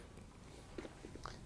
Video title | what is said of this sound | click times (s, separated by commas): How To Replace: Oven Light Switch | once you have it locked into place | 1.3 s